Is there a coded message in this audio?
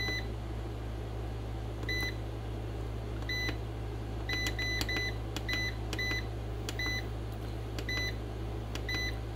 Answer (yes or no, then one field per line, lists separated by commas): no